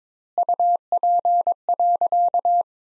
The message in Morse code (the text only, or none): UP.